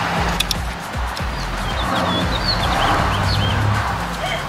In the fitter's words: Just push it till you hear it. He pushed it. Snap. Yeah, you heard that click, the little click